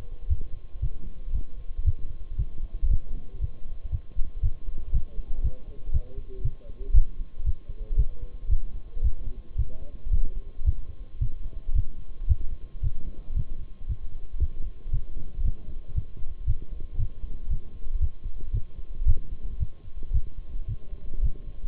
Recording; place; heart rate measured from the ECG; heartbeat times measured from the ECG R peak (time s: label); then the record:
heart sounds by stethoscope; between the tricuspid and mitral areas; 115 bpm
0.30 s: heartbeat
0.82 s: heartbeat
1.35 s: heartbeat
1.86 s: heartbeat
2.39 s: heartbeat
2.91 s: heartbeat
3.42 s: heartbeat
3.92 s: heartbeat
4.43 s: heartbeat
4.94 s: heartbeat
5.44 s: heartbeat
5.94 s: heartbeat
6.45 s: heartbeat
6.95 s: heartbeat
7.46 s: heartbeat
7.99 s: heartbeat
8.51 s: heartbeat
9.04 s: heartbeat
9.58 s: heartbeat
10.13 s: heartbeat
10.66 s: heartbeat
11.21 s: heartbeat
11.75 s: heartbeat
12.29 s: heartbeat
12.83 s: heartbeat
13.37 s: heartbeat
13.89 s: heartbeat
14.41 s: heartbeat
14.93 s: heartbeat
15.45 s: heartbeat
15.96 s: heartbeat
16.48 s: heartbeat
16.99 s: heartbeat
17.51 s: heartbeat
18.02 s: heartbeat
18.54 s: heartbeat
19.07 s: heartbeat
19.60 s: heartbeat
20.14 s: heartbeat
20.68 s: heartbeat
21.24 s: heartbeat
From the record:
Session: Bruce protocol treadmill stress test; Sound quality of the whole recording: partially saturated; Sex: male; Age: 23 years